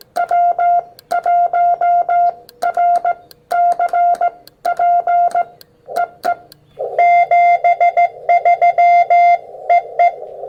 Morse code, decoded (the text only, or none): W1RCP EE 73 EE